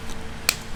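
A metal oil cooler line fitted with new o-rings is pushed into its quick-disconnect fitting on the engine oil filter housing of a 600,000-mile GMC Sierra pickup, after a struggle with the oily fitting. A single sharp, loud click sounds at 0.5 s over a low background hum. The line seats in the fitting, unlike the old line, which never clicked and had a cut o-ring.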